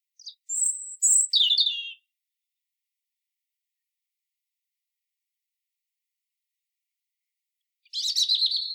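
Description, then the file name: European robin giving two song phrases, a high sustained whistle and tumbling twitter, then a long silence before a second rapid, scratchy phrase. "Erithacus rubecula"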